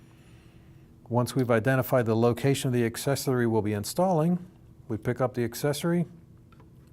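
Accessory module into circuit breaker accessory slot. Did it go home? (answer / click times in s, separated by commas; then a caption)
no / none. A plastic internal accessory module is picked up and handled at its marked accessory slot in a Siemens 3VA 125A circuit breaker while someone talks. Only faint handling sounds follow the speech near the end. Nothing has seated or clicked yet.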